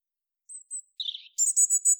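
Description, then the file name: European robin giving thin, high whistled notes, then a short warbling trill, followed by a run of bright, high chirps. "Erithacus rubecula"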